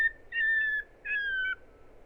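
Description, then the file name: Common nightingale sings two long, level whistled notes, the second dropping slightly at its end, with a faint low rumble behind. "Luscinia megarhynchos"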